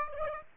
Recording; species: mosquito wingbeat signal from an infrared sensor; Aedes aegypti